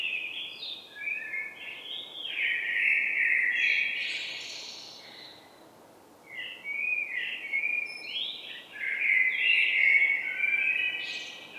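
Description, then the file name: Common blackbird singing a run of warbled, flute-like phrases with higher squeaky flourishes, one short pause midway through. "Turdus merula"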